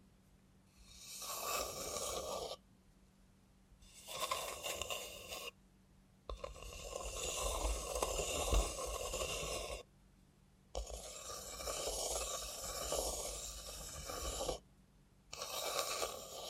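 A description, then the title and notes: Bursts of rough scraping and rustling from a robot hand come in five stretches, each one to four seconds long, separated by near-silent pauses. The longest runs from about six to ten seconds, and a faint low steady hum sits underneath throughout. Try ASMR with a Robot Hand (No Talking).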